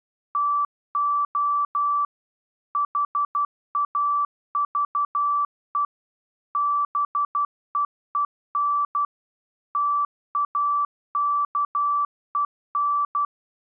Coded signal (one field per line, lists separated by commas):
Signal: Morse code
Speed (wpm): 12 wpm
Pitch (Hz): 1160 Hz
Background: none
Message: TO HAVE BEEN TAKEN